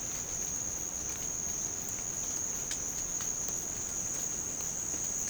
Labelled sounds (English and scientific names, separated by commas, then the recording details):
none
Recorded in pastures near Puerto Asís, Putumayo, Colombia, on 12 March 2025 at 06:30
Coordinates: 0.505, -76.324
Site GP08